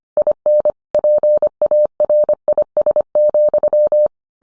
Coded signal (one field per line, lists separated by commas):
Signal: Morse code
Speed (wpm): 25 wpm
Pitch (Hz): 600 Hz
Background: none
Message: IN PARIS,